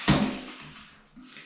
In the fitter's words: And they extend really, really well and lock into place nicely.